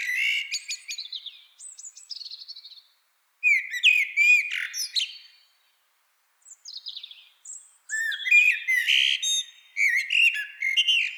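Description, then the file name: Eurasian blackbird song: several fluty, low warbled phrases, each ending in high, squeaky twittering, separated by short pauses. "Turdus merula"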